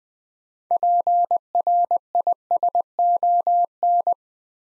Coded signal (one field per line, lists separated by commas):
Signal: Morse code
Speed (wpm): 21 wpm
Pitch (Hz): 700 Hz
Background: none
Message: PRISON